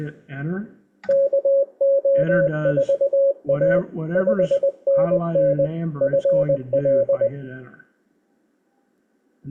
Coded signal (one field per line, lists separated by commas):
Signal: Morse code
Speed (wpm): 20 wpm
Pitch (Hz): 550 Hz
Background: speech, radio noise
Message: KO4A 5NN FL